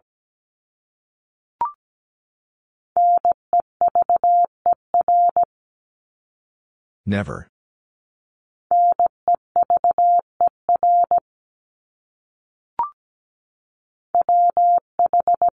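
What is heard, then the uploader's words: Morse code beeps at a steady mid pitch, sent in three bursts of short dots and longer dashes, around 3–5.5, 9–11 and 14–15.5 seconds. Each burst is preceded by a brief click-like chirp, and a short rough noise breaks the silence near 7 seconds. First, the word is sent in Morse code. Finally, it is sent again in Morse code. Top 500 Words 17wpm.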